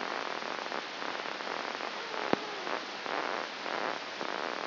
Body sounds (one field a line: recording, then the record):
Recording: brain microelectrode recording played as sound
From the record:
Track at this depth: outside the subthalamic nucleus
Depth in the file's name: 6.101 mm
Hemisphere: left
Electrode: 2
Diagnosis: Parkinson's disease